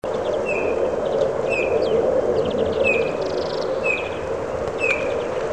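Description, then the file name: Eurasian bullfinch calling with plain, mellow piped whistles, each brief, given roughly once a second against a constant rushing hiss. "Pyrrhula pyrrhula"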